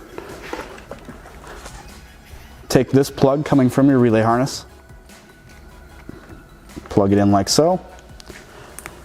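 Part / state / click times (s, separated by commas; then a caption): relay harness plug into headlight assembly connector / seated / 8.8 s, 8.9 s. Someone talks while the plug from a relay harness is pushed into the matching plastic connector on a STARR HID XP3018 DOT aftermarket projector headlight for a Tacoma. Two sharp clicks sound at 8.8 s and 8.9 s as the connector seats in place.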